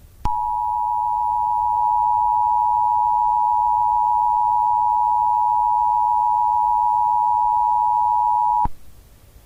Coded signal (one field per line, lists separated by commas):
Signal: Emergency Alert System (SAME) tones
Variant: 853 and 960 Hz attention tone